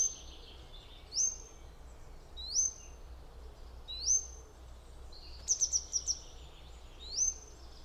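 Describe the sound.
Grey wagtail giving high, upslurred thin whistles at uneven intervals, plus a quick run of several sharp high ticks later on; low background rumble throughout.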